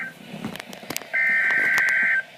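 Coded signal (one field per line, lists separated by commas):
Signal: Emergency Alert System (SAME) tones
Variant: header bursts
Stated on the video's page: Severe thunderstorm watch alert tones.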